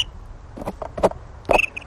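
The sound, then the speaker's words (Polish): An injured young crane, with a slightly deformed left hock and unable to fully straighten its right wing, gives a few timid, short calls, soft squeaky peeps in an uneven sequence, with a low rumbling background underneath and no talking. “Może go nagramy? Odzywa się tak nieśmiało, aczkolwiek jak będzie dorosłym ptakiem, być może uda się usłyszeć tutaj taki prawdziwy klangor.”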